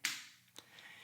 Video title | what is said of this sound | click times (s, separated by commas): How to Use the Bosch's Intuvia 100 Display for Bosch Smart System | clockwise until it clicks in | 0.1 s